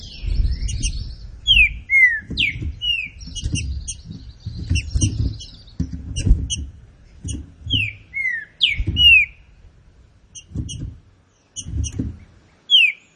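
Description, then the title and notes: Green-winged saltator song: bold, downslurred whistled notes in quick pairs and triplets, repeated throughout, with high buzzy ticks and low knocking noise. Classic-style song of the green-winged saltator, used for training birds. "Canto Clássico Trinca Ferro TREINAMENTO. trinca fero"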